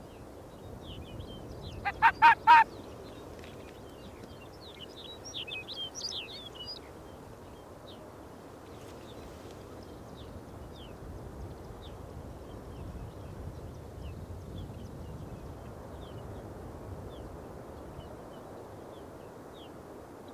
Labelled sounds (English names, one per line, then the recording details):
Arctic Fox
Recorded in the wild
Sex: male
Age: adult
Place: Insel Mednyi, Kommandeur-Inseln, RU
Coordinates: 54.5167, 168.083
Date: 1999-07-09
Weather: heiter, 9°C
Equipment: Sony WM-D6C, Sennheiser MKH 70, Windkorb, Kopie Sony TCD-D8
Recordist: Frommolt, Karl-Heinz